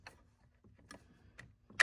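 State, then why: Seated. An ignition coil pack on an Audi 3.0T engine is worked down onto the top of a spark plug in the cylinder head. Faint ticks come at about 0.1, 0.9 and 1.4 seconds, then a sharp, much louder snap at 1.8 seconds as the coil pack seats on the plug.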